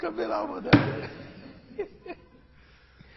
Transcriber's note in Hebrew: צחוק